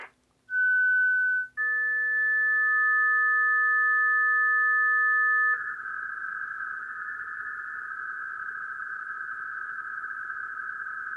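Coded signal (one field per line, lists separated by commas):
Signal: MT63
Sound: a brief steady tone, a two-tone chord, then a dense warbling hiss-like data roar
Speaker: Here's a very common mode I hear now, MT63. It's completely different sound. I'll let you hear it.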